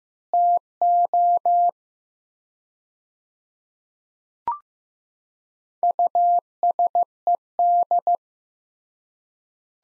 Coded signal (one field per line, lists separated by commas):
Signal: Morse code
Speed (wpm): 15 wpm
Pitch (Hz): 700 Hz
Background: none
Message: TO USED